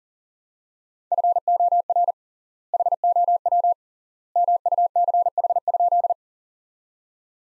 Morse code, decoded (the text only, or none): FOR HOW MUCH?